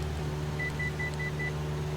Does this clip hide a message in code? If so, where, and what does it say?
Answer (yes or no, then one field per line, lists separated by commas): no